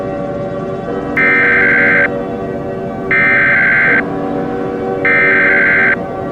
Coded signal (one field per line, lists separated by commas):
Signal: Emergency Alert System (SAME) tones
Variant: header bursts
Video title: EAS SCENARIO 1- Armageddon is Here